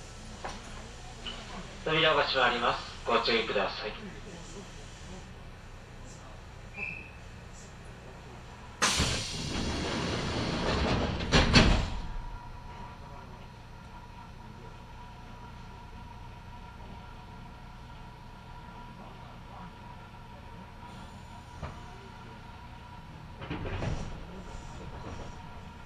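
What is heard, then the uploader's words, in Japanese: Inside a local commuter train, a low steady rumble runs throughout, with brief voices early on, a loud rushing burst around nine seconds, and a softer swell near the end. 近鉄名古屋線各駅停車 白子→津新町。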